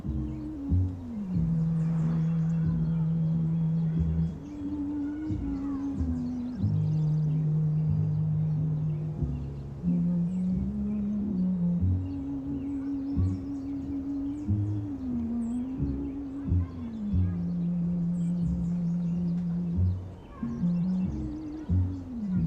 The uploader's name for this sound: Summer oldies playing in another room